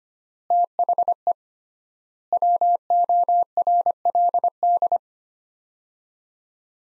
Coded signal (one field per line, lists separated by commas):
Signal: Morse code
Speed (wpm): 25 wpm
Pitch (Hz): 700 Hz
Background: none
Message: THE WORLD